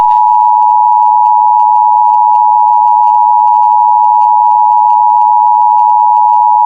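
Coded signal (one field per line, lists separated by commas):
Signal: Emergency Alert System (SAME) tones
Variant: 853 and 960 Hz attention tone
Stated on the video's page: Mock tornado emergency alert for Rome, Georgia, made with EAS Maker software.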